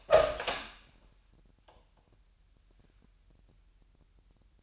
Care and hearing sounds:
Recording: daily activity, microphone in the room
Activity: open door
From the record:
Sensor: 2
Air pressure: 998.3 hPa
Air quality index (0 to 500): 137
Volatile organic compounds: 4 ppm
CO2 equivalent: 1550 ppm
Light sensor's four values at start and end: 12/35/14/14 and 12/35/14/14

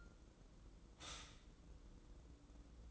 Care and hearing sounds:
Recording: daily activity, microphone in the room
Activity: stop toaster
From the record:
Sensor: 3

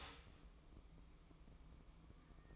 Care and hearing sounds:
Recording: daily activity, microphone in the room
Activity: start toaster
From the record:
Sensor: 1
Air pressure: 1007.1 hPa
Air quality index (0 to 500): 74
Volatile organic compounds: 1 ppm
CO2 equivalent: 658 ppm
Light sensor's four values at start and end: 8/19/7/8 and 8/19/7/8

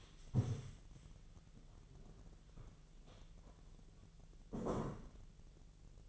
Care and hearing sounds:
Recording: daily activity, microphone in the room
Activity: stand up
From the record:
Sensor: 4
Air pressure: 1001.2 hPa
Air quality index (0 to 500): 181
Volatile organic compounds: 2 ppm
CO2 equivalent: 1297 ppm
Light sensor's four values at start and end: 14/32/13/13 and 14/32/13/13

